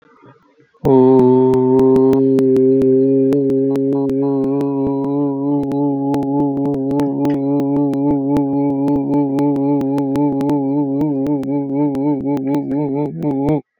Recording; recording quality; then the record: sustained vowel as in boot; moderate, slight background noise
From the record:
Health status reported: exposed to COVID-19, no respiratory illness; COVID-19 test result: not tested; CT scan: not taken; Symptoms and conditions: none ticked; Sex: male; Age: 32 years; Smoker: no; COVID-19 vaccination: none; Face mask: not worn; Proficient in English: yes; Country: India